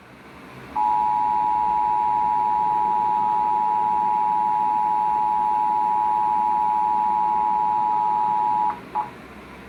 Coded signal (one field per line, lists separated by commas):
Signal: Emergency Alert System (SAME) tones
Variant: 853 and 960 Hz attention tone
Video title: Cleaning Up the Backlog... EAS Alerts From 8/9/2022 to 10/12/2022 (EAS #1359 - 1420)